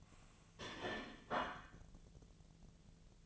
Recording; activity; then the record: daily activity, microphone in the room; place plate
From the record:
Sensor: 4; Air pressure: 1010.2 hPa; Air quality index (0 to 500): 181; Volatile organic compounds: 5 ppm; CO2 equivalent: 1834 ppm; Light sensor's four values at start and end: 31/92/36/35 and 31/92/36/35